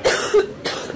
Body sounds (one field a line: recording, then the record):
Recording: coughing mixed with background sound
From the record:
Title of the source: 30 Chesty and wet cough